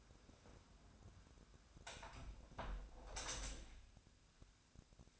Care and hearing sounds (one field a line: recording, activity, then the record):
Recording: daily activity, microphone in the room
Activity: close window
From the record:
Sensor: 2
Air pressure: 1006.4 hPa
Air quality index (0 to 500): 202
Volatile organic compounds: 14 ppm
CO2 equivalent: 2467 ppm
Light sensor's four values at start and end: 9/21/9/9 and 8/21/8/9